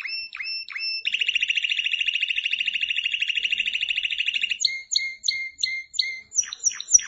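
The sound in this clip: Canary song opening with a few whistled notes, then a long rapid pulsing trill for about three and a half seconds, followed by repeated sweeping whistled phrases.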